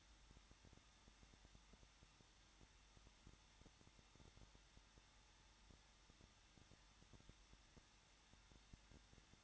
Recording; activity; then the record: daily activity, microphone in the room; no activity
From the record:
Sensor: 3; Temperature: 21.2 degrees Celsius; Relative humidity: 36.4%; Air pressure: 1006.4 hPa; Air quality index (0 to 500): 223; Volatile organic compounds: 43 ppm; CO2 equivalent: 3190 ppm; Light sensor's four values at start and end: 2/3/2/2 and 2/3/2/2